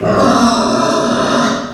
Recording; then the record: squeal of a Yucatan mini pig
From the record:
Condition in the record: after surgery on the right vocal fold (resection and tissue-engineered implant); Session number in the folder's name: 11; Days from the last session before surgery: 98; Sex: female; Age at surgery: 19 weeks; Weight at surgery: 25 kg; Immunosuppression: prednisolone